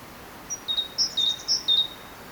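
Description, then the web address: Great tit giving three quick, high two-note phrases in a short burst, with faint background hiss. "SETE data Parus major"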